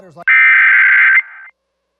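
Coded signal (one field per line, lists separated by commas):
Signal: Emergency Alert System (SAME) tones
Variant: header bursts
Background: speech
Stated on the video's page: EAS tones and messages sounding over live local TV tornado coverage.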